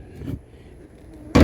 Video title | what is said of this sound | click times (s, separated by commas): Best JEEP Wrangler TJ Rear Seat | It'll lock into place like that. | 1.4 s